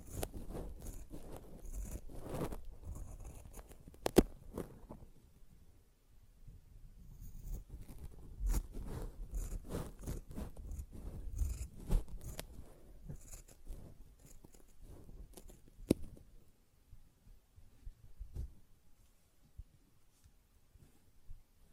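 A sponge is squished and scratched in irregular bursts of soft rustling and crackle, with sharp clicks near four and sixteen seconds.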